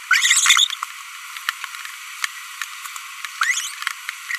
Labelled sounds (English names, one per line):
Green-rumped Parrotlet babbling